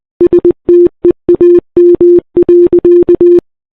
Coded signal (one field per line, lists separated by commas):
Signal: Morse code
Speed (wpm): 19 wpm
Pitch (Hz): 350 Hz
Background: none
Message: STEAM.